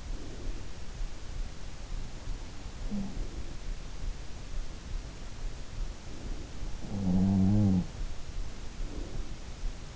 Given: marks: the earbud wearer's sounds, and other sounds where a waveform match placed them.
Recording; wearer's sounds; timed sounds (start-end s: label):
sounds in sleep by an in-ear microphone; breath
0.00-1.21 s: breath
2.59-3.47 s: sound from someone else or the room
6.34-8.41 s: sound from someone else or the room
8.60-9.69 s: breath